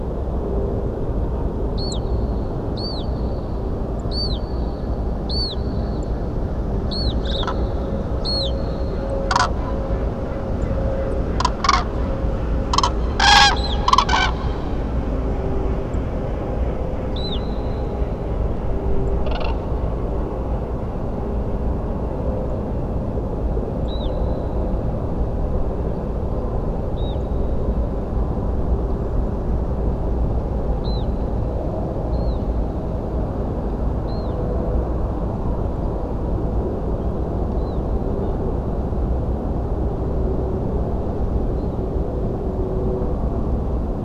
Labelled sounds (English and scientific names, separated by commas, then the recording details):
Common Crane (Grus grus), Song Thrush (Turdus philomelos)
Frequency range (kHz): Common Crane (Grus grus) 0.3-11.8 kHz; Song Thrush (Turdus philomelos) 6.8-11.2 kHz
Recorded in France